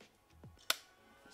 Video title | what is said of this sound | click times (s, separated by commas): AH 2023 S3E1 - Canon A1 Motor Accessory | slides down and locks in place | 0.7 s